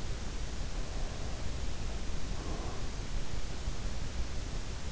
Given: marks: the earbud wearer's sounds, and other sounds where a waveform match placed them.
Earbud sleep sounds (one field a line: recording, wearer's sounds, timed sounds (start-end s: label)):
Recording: sounds in sleep by an in-ear microphone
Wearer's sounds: breath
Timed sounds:
0.99-3.03 s: breath